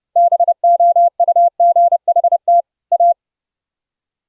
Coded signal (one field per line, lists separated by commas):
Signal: Morse code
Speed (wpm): 30 wpm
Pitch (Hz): 690 Hz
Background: none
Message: BOUGHT A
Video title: Using 3 instances of the Morse Keyer APP to send iambics & Straight Key CW on Mumble Voice Chat